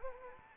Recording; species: mosquito wingbeat signal from an infrared sensor; Anopheles arabiensis